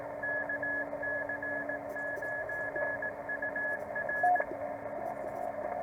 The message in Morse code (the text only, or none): KC9UR